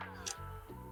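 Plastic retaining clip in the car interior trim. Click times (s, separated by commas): 0.3 s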